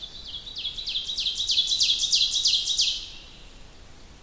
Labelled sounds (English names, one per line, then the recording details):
Ovenbird song
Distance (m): 20 m
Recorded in boreal forest in Alberta, Canada, on 2 June 2016 at 05:35
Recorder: SongMeter 3, array SBT-3-7
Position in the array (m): 91 m, 143 m
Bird 5